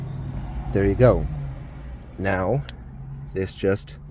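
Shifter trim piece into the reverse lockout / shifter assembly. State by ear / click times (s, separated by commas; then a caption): not seated / none. A shifter trim piece is handled at the shifter assembly of a GR Corolla after the boot has been fitted over a new Likewise RLX reverse lockout. Someone talks over a steady low hum. Nothing has seated or clicked yet.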